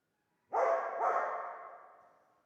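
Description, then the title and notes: Dog giving a doubled bark, two quick harsh barks run together and trailing slowly away into silence. Old dog trapped in the pool basin of the decaying El Glaoui palace courtyard, Fès, Morocco; circling in full sun, rearing on hind legs, barking at visitors; recorded with Zoom F3 and ORTF rig. "Fès, Fès-Meknès, Maroc - le chien du palais El Glaoui. Palais El Glaoui Dans la cour du palais (en décrépitude avancée), un vieux chien est "prisonnier" dans le bassin/piscine. Il se dresse sur ses pattes arrières pour entrevoir quelques secondes ce qui se passe dans la cour et "invective" les visiteurs de ses aboiements. Prise de sons : JF CAVRO"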